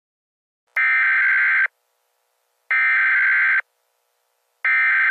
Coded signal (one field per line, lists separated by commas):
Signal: Emergency Alert System (SAME) tones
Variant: header bursts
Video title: EAS Scenario: Georgia Weather Disaster